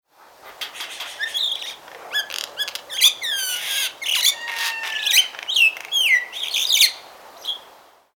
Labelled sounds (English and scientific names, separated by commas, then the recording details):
Crested Myna (Acridotheres cristatellus)
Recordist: Tembrock, Günter
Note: Gesang